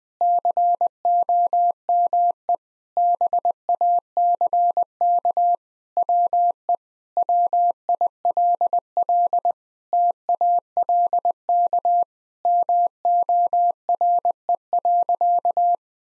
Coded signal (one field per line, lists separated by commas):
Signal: Morse code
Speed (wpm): 21 wpm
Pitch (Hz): 700 Hz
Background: none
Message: COME BACK WE WILL TALK MORE.